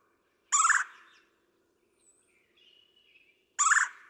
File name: Red-bellied Woodpecker